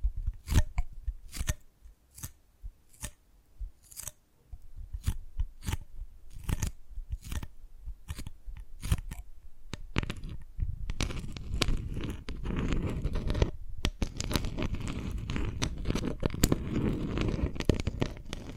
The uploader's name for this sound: Dalgona Candy Challenge Tapping, Cracking Triggers